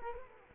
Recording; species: mosquito wingbeat signal from an infrared sensor; Culex quinquefasciatus